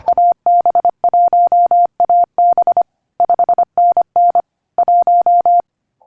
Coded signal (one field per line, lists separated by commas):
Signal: Morse code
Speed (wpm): 25 wpm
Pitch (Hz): 700 Hz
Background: none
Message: AB1AB 5NN 1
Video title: Remote Ham Radio - RHR - Setup for WPX